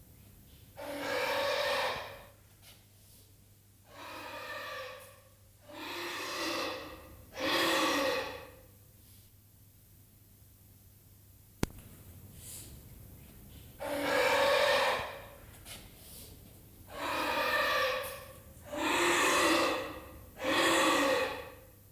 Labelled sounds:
Giant Anteater (Myrmecophaga tridactyla) call
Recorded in captivity
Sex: male
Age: juvenile
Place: Zoo Berlin, Berlin, DE
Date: 2008-08-18 15:20
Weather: overcast, ca. 22°C
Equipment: Sony WM-D6C, Sennheiser ME 80, Kopie Uher 4000 Report Monitor
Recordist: Tembrock, Günter

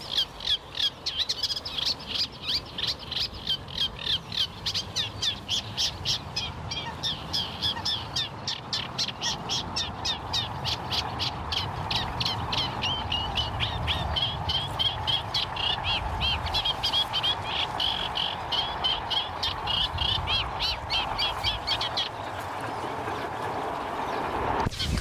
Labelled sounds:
Eurasian Reed Warbler (Acrocephalus scirpaceus)
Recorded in the wild
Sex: male
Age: adult
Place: Berlin, OT Karow, Berlin, DE
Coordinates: 52.6228, 13.4597
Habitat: ponds
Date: 1988-05-29 11:03
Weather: sunny, 25,5°C
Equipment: Nagra SN (Automatik), Kopie Tesla B 116
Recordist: Tembrock, Günter

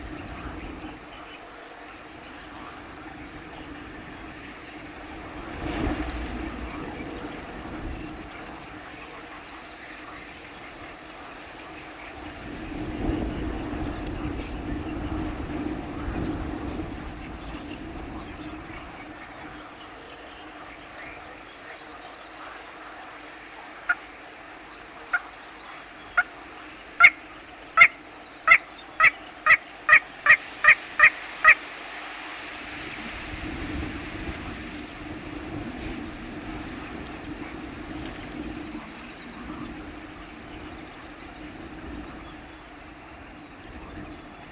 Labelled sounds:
Little Crake (Porzana parva) song
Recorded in the wild
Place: Breitenbrunn, AT
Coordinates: 47.9472, 16.7228
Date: 1972-05-10
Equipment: Uher Report 4200, AKG D190C in Doppel-Parabolreflektor
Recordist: Krey, Winfried

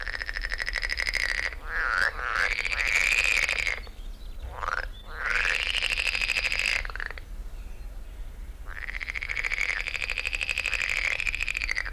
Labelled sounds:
Edible Frog (Pelophylax esculentus) call
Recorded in the wild
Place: Lübars, Benekendorffstraße, Berlin, DE
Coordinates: 52.6167, 13.3469
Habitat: Gartenteich
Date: 1999-06-06 12:06
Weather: heiter, 24°C
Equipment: Sony WM-D6C, Sennheiser ME 80, Kopie Uher 4000 Report Monitor
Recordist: Tembrock, Günter

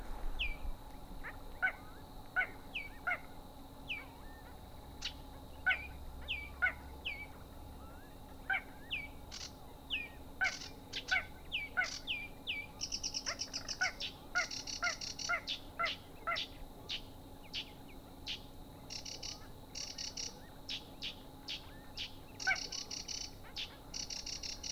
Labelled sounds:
Little Crake (Porzana parva) mating call
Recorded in the wild
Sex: pair
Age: adult
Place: Gartz (Oder), Nationalpark Unteres Odertal, Brandenburg, DE
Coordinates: 53.1, 14.35
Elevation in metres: 1
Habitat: wetland
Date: 2016-04-22 23:55
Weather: clear, 5°C, almost windless
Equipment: Sound Devices 702, Sennheiser MKH 70, Rycote Windschutz
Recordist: Frommolt, Karl-Heinz

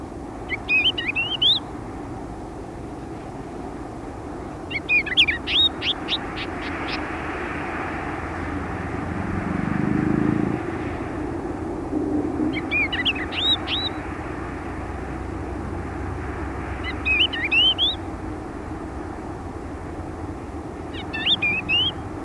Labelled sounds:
Thekla's Lark (Galerida theklae)
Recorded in the wild
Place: Rioja, ES
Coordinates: 36.9144, -2.46861
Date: 1971-04-03
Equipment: Uher Report 4200, AKG D190C in Doppel-Parabolreflektor
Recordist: Krey, Winfried

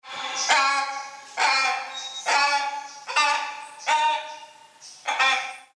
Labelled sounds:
Rufous Hornbill (Buceros hydrocorax)
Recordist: Tembrock, Günter
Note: Rufreihe

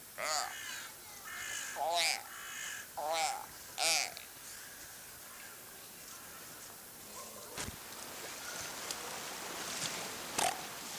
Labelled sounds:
Brown Fur Seal (Arctocephalus pusillus) call
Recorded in captivity
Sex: group
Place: Zoo Berlin, Berlin, DE
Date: 2004-01-02 14:47
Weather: fair, -2°C
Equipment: Fair Mate ST-1328 (Asahi Electronics, Japan), Sennheiser ME 80, Kopie Uher 4000 Report Monitor
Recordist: Tembrock, Günter

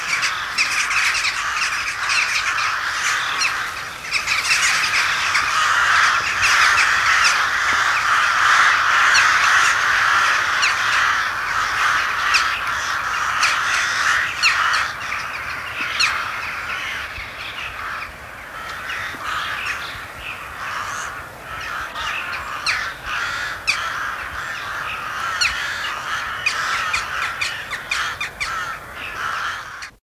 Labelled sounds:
Rook (Corvus frugilegus) call
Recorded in captivity
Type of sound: call
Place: Zoo Hannover, Niedersachsen, DE
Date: 1972-12-31 16:15
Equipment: Halbspur, 9,5 cm/s
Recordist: Lütgens, Hans
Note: Rufe

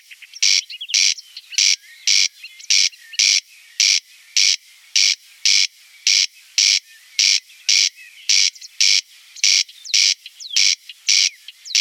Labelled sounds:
Corn Crake (Crex crex) song
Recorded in the wild
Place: Rieselfeld / Freiburg im Breisgau, Baden-Württemberg, DE
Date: 1976-06-17
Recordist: Schwarz, Dieter

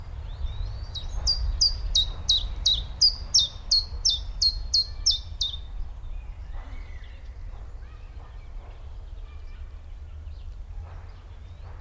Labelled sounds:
Common Chiffchaff (Phylloscopus collybita)
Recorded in the wild
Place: Friedhof Niederschönhausen III, Berlin, DE
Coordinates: 52.57, 13.38
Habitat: Stadtfriedhof
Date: 1996-04-20 13:30
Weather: sonnig, 20°C
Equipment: Sony MD-WM MZ-R3, Sennheiser MKH 416 T, Kopie Uher 4000 Report Monitor
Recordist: Tembrock, Günter

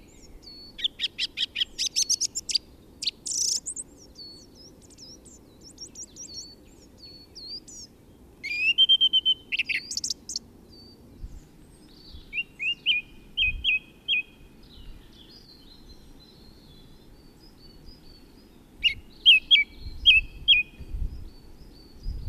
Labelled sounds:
Song Thrush (Turdus philomelos) song
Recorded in the wild
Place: DE
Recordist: Tretzel, Erwin

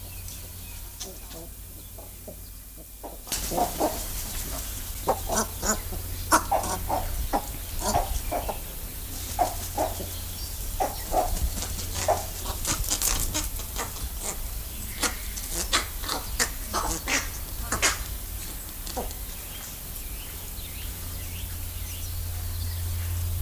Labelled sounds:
Western Cattle Egret (Bubulcus ibis)
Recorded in captivity
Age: adult
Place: Tierpark Berlin, Berlin, DE
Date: 2002-03-17 15:36
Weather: sunny, 14°C
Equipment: Sony WM-D6C, Sennheiser MKH 416, Kopie Uher 4000 Report Monitor
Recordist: Tembrock, Günter

